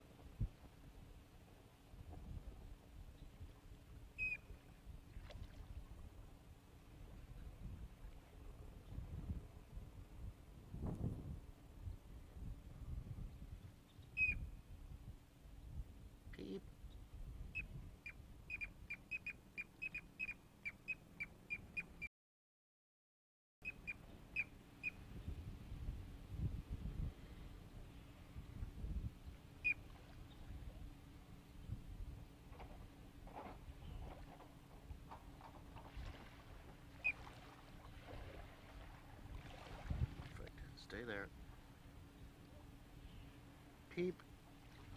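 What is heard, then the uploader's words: A piping plover gives scattered, thin, high peeps over low, gusty rumbling that runs throughout. A quick, evenly spaced series of calls comes from about 16 to 22 seconds, followed by a brief dropout, then more isolated peeps near 25, 30 and 43 seconds. Piping Plover using Defense calls.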